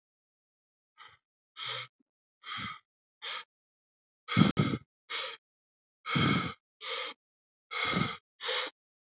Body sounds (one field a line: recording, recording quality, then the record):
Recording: shallow breathing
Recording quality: excellent, no background noise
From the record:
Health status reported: healthy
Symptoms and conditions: diabetes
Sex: male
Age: 36 years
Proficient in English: yes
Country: India